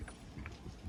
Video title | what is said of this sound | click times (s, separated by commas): Chevy Equinox Parking Brake Cable Replacement (Rear Drivers Side) | just like that may not have a big click but once you pull on it it won't go anywhere | 0.5 s